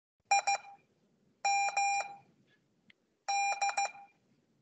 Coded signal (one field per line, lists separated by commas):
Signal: Morse code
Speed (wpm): 15 wpm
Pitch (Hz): 800 Hz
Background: none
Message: IM D